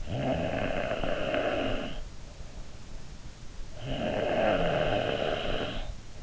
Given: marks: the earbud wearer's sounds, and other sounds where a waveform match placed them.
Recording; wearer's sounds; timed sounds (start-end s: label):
sounds in sleep by an in-ear microphone; snoring breath
0.00-2.09 s: snoring breath
3.76-5.97 s: snoring breath